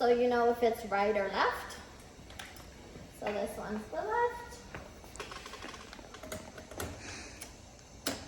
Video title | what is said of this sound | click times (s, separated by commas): How to Use a Wheelchair | And locked into place. | 8.1 s